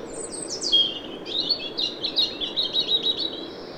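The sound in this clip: European robin singing a high, sweet whistle that drops into a rapid, tinkling run of short notes, bright and varied.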